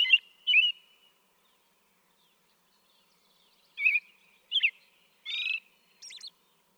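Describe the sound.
American robin phrases: two whistled notes, a long gap, then slurred notes, a buzzy phrase and a high squeaky ending.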